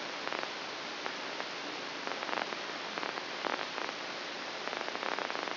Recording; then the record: brain microelectrode recording played as sound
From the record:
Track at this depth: inside the subthalamic nucleus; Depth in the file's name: 5.506 mm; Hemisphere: left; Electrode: 2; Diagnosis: Parkinson's disease